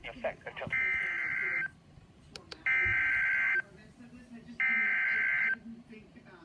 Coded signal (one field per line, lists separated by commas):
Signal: Emergency Alert System (SAME) tones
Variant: header bursts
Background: speech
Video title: Severe Thunderstorm Warning Putnam IL (EAS 324)